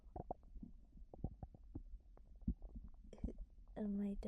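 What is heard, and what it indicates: Soft gurgles and popping clicks from an adult's tummy, heard up close: bowel sounds of digestion, with brief voices at the start and end.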